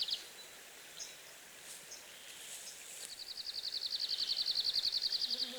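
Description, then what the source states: Arctic warbler song: a fast, dry, high rattling trill of rapid repeated notes lasting over two seconds, with scattered faint chips from other birds before it. Recorded 24 June 2015.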